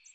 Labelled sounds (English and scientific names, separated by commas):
American Redstart (Setophaga ruticilla) flight call